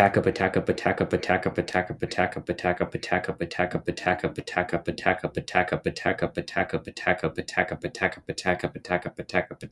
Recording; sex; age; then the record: repeated syllables /pa ta ka/; male; 18 to 19 years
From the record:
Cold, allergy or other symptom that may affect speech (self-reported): no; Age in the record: 18 years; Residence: Georgia, United States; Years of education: 13